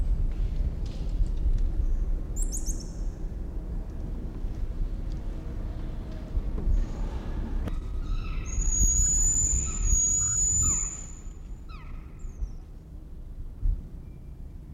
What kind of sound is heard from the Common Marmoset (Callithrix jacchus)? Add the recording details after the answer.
call. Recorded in captivity. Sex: diverse. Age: diverse. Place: Zoo Berlin, Berlin, DE. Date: 1994-07-16 13:22. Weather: sonnig, 22-26°C. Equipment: Marantz CP 430, Sennheiser ME 80, Kopie Uher Variocord 263. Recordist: Tembrock, Günter. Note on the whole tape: Diverse Lautformen (Langlaute, Sequenzen) verschiedener Tiere im Antilopenhaus